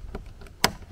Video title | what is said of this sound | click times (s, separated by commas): How To Install Rear Speakers on 3rd Gen Tacoma | then you can hear it lock in. There's like a little spot where it clips in. | 0.6 s